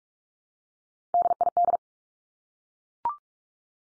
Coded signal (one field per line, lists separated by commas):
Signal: Morse code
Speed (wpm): 44 wpm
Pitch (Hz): 700 Hz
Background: none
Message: DID